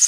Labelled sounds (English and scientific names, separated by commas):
Hooded Warbler (Setophaga citrina) flight call